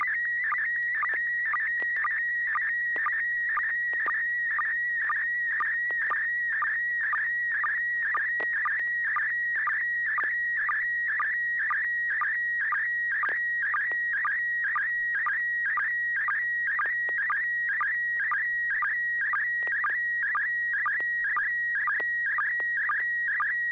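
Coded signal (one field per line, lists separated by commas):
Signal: SSTV (slow-scan television)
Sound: continuous warbling whistle around 2 kHz with rhythmic chirps twice per second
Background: low hum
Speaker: ai6 DG are you ready to go was there to was there a tone yeah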